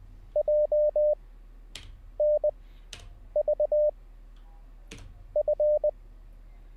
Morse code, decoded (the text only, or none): JNVF